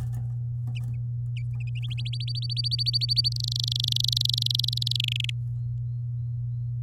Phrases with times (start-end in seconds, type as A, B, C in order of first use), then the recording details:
1.98-3.29 A, 3.32-4.96 B, 5.00-5.30 C. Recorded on 10 May 2018 at 08:42. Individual llb16